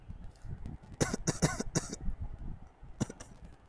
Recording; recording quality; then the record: shallow voluntary cough; moderate, slight background noise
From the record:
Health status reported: healthy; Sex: male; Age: 25 years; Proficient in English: yes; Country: India